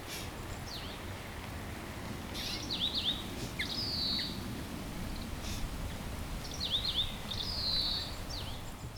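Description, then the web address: Grey-capped greenfinch song: two phrases of quick twittering notes, each ending in a drawn-out buzzy trill, about four seconds apart over steady low rumbling noise. "bird song kawarahiwa"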